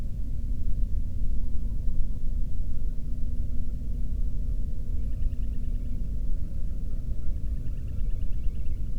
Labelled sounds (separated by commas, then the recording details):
bird
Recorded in the Prudhoe Bay oil fields, Alaska, on 13 June 2019 at 00:31
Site 30